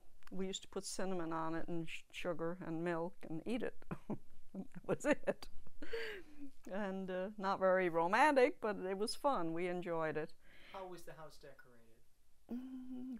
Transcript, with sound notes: we used to put cinnamon on it and sugar and milk and eat it and that was it. (she laughs) And not very romantic but it was fun. We enjoyed it.
How was the house decorated?